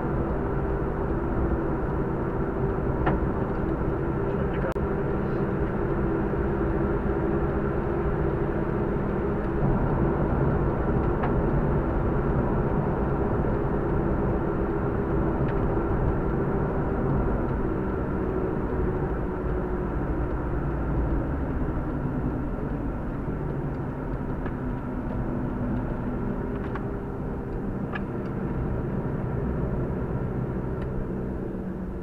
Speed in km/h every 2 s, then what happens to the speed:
102, 98, 98, 102, 104, 105, 105, 99, 96, 91, 81, 67, 62, 60, 56, 56.
3-13 speeds up to 105. 13-32 slows to 56.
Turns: none.